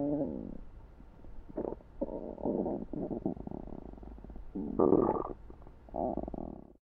Tummy grumble sound effect.